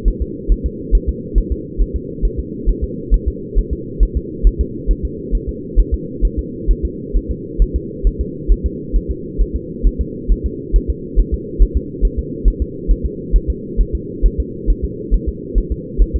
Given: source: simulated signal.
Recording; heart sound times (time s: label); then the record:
fetal heart sounds
0.08 s: S1
0.22 s: S2
0.52 s: S1
0.66 s: S2
0.95 s: S1
1.09 s: S2
1.38 s: S1
1.52 s: S2
1.81 s: S1
1.96 s: S2
2.25 s: S1
2.39 s: S2
2.69 s: S1
2.84 s: S2
3.14 s: S1
3.28 s: S2
3.59 s: S1
3.73 s: S2
4.03 s: S1
4.17 s: S2
4.47 s: S1
4.61 s: S2
4.91 s: S1
5.05 s: S2
5.35 s: S1
5.49 s: S2
5.80 s: S1
5.94 s: S2
6.25 s: S1
6.39 s: S2
6.71 s: S1
6.85 s: S2
7.16 s: S1
7.31 s: S2
7.62 s: S1
7.76 s: S2
8.07 s: S1
8.21 s: S2
8.52 s: S1
8.66 s: S2
8.96 s: S1
9.11 s: S2
9.41 s: S1
9.56 s: S2
9.87 s: S1
10.01 s: S2
10.32 s: S1
10.46 s: S2
10.76 s: S1
10.90 s: S2
11.20 s: S1
11.34 s: S2
11.62 s: S1
11.77 s: S2
12.05 s: S1
12.19 s: S2
12.48 s: S1
12.62 s: S2
12.91 s: S1
13.06 s: S2
13.36 s: S1
13.50 s: S2
13.81 s: S1
13.95 s: S2
14.26 s: S1
14.40 s: S2
14.70 s: S1
14.84 s: S2
15.14 s: S1
15.29 s: S2
15.58 s: S1
15.72 s: S2
16.02 s: S1
16.16 s: S2
From the record:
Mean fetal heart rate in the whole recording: 135 bpm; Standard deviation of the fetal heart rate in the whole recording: 3 bpm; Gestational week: 36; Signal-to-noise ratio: -4.1 dB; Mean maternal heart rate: no maternal heart sound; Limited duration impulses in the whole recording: absent